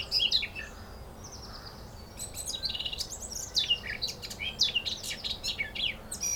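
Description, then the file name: Eurasian blackcap singing high, chattering warbled phrases with quick sliding notes, busier after a short quieter stretch. "Sylvia atricapilla"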